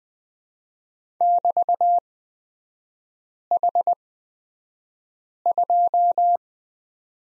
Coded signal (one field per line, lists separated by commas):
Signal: Morse code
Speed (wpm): 20 wpm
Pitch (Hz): 700 Hz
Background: none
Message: <BT>H2